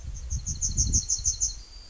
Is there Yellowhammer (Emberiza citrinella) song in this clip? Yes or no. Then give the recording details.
yes. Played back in forest. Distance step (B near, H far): D. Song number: 035